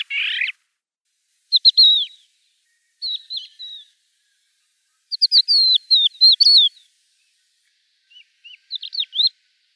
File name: Galerida cristata